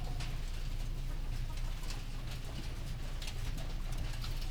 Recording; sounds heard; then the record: poultry house recording; healthy chickens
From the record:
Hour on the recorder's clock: 18